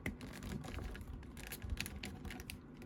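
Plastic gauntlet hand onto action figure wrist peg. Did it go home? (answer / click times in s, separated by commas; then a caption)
yes / 1.8 s. A replacement plastic nano gauntlet hand is pushed onto the wrist peg of an Avengers Endgame S.H. Figuarts Hulk action figure. Soft handling and scratching noises lead to a small, sharp snap at 1.8 s as the gauntlet seats on the peg. Several other light ticks follow.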